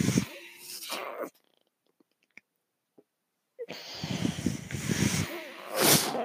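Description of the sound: Two rushing, breathy bursts of airflow with a faint low hum, separated by a silent pause of about two seconds. This is the rhythmic whoosh of a home mechanical ventilator delivering breaths to its user.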